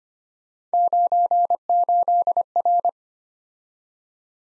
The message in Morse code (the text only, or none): 98R